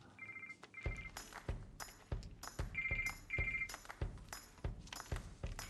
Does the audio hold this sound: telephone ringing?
yes